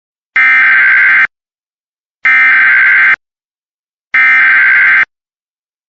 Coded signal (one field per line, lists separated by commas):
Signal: Emergency Alert System (SAME) tones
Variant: header bursts